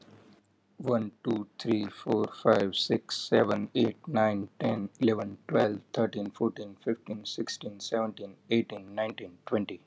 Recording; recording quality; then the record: counting at a fast pace; moderate, slight background noise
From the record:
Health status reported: healthy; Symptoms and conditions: none ticked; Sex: male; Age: 27 years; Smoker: yes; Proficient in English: yes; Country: India